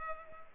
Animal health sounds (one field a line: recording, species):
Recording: mosquito wingbeat signal from an infrared sensor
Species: Culex pipiens